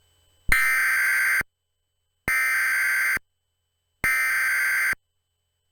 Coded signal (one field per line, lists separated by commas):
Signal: Emergency Alert System (SAME) tones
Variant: header bursts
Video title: Mini EAS || Tom crashes out